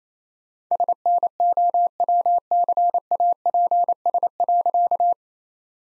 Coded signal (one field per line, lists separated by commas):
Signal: Morse code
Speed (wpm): 28 wpm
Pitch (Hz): 700 Hz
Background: none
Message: SNOWCAPS.